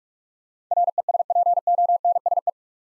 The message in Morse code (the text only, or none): RESPONSE